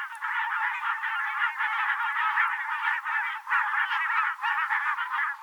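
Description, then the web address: Barnacle goose: barnacle geese chorus of many short, barking yelps, the massed calling swelling and dipping unevenly. "chant xeno-canto bernache nonnette"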